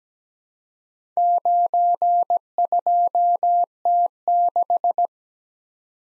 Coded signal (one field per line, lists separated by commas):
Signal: Morse code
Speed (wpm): 17 wpm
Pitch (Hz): 700 Hz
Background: none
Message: 92T6